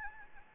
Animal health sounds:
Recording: mosquito wingbeat signal from an infrared sensor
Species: Anopheles gambiae

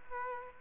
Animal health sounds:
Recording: mosquito wingbeat signal from an infrared sensor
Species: Aedes aegypti

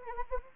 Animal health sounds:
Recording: mosquito wingbeat signal from an infrared sensor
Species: Anopheles arabiensis

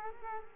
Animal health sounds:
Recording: mosquito wingbeat signal from an infrared sensor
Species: Culex quinquefasciatus

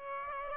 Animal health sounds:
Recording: mosquito wingbeat signal from an infrared sensor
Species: Aedes aegypti

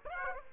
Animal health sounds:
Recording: mosquito wingbeat signal from an infrared sensor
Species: Aedes aegypti

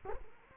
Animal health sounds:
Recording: mosquito wingbeat signal from an infrared sensor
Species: Culex quinquefasciatus

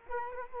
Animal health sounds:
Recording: mosquito wingbeat signal from an infrared sensor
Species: Culex quinquefasciatus

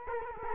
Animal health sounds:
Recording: mosquito wingbeat signal from an infrared sensor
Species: Culex quinquefasciatus

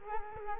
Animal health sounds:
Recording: mosquito wingbeat signal from an infrared sensor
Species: Culex quinquefasciatus

